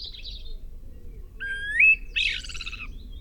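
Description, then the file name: Common blackbird giving a long rising whistled slur followed by a burst of squeaky, chattering notes over a low background hum. "Turdus merula"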